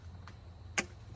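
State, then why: Seated. A new metal retaining clip is pushed over the throttle position sensor tab on the throttle body of a GMC Yukon. A faint tick at 0.3 s is followed by a sharp, bright snap at 0.8 s as the clip seats, over a low steady hum. The clip is snapped into place.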